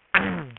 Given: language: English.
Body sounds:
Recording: throat vibration sensor signal played as sound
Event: throat clearing

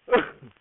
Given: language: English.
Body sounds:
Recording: throat vibration sensor signal played as sound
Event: cough

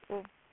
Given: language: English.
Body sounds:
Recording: throat vibration sensor signal played as sound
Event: speech

